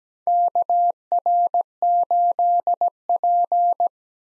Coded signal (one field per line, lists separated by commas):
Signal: Morse code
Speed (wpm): 17 wpm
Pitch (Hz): 700 Hz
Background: none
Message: KR8P